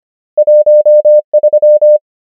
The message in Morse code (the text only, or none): 1 3